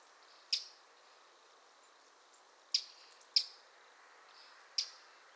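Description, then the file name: Eurasian wren calls: four sharp, high ticking notes at uneven intervals over a quiet background. "Troglodytes troglodytes"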